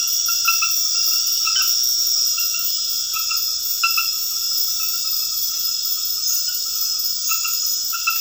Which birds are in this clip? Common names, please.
none